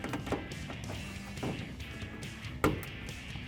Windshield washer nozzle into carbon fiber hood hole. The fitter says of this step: clicks in pretty good here, so we'll test the other side as well.